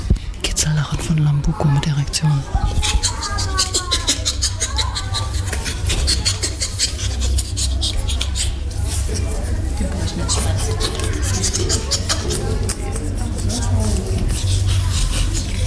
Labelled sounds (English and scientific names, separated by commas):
Bonobo (Pan paniscus)